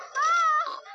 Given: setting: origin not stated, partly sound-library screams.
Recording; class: one-second piece from a danger detection set; woman in danger